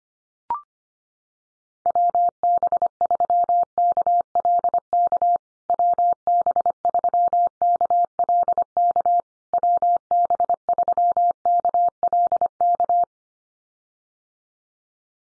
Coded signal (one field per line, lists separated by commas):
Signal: Morse code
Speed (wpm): 25 wpm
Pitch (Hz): 700 Hz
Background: none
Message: WB3KLK WB3KLK WB3KLK